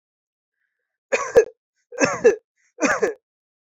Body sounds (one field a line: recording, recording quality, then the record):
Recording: heavy voluntary cough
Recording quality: excellent, no background noise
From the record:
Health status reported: healthy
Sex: male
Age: 28 years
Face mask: not worn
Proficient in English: yes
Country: India